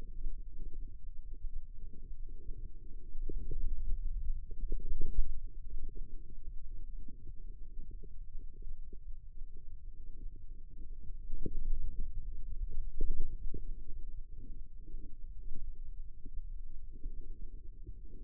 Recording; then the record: forearm muscle sounds (acoustic myography)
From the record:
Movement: ulnar deviation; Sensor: system 2, bracelet of six BSWA MPA416 microphones around the upper forearm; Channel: 5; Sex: male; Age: 22 years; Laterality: right